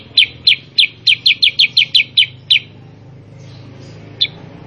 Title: Masteran Kutilang Sutra. Kutilang Sutra mana YANG GAK NYAUT dan IKUT BUNYI GACOR dengan suara Kutilang Sutra Super GACOR Ini